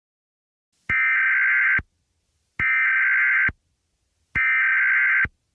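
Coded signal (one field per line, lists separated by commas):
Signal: Emergency Alert System (SAME) tones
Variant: header bursts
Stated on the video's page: Fictional EAS scenario about Chicago, not a real alert.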